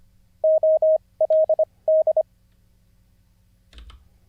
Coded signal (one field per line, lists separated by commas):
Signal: Morse code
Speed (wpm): 25 wpm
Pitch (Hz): 630 Hz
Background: none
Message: OLD